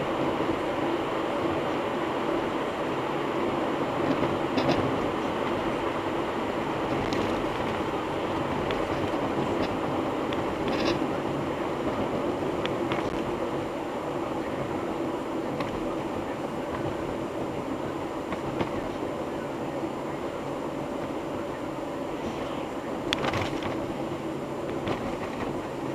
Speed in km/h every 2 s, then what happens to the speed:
105, 105, 104, 98, 92, 87, 81, 76, 73, 71, 70, 68, 67.
4-26 slows to 67.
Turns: none.